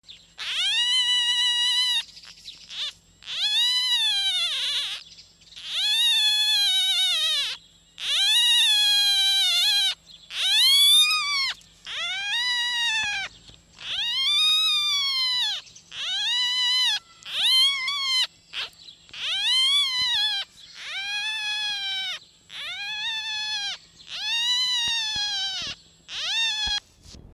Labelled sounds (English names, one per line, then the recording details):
Red Fox
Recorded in captivity
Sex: female
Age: juvenile
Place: Zoologisches Institut der HUB, Berlin, DE
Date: 1956-04-28 12:40
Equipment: Elmetra
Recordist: Tembrock, Günter
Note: Molly-Welpen. Weibchen: Quärren, betont